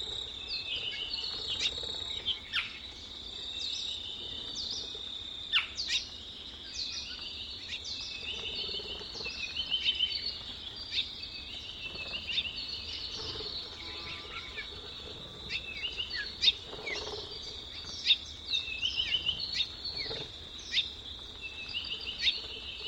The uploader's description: From tropical forests to deserts to wetlands